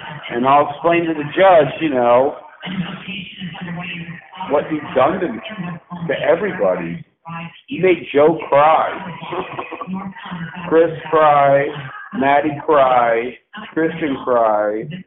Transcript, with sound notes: And I‘ll explain to the judge, you know, what you’ve done to everybody You made Joe cry. [LAUGH] Chris cry. Mattie cry. Kristin cry.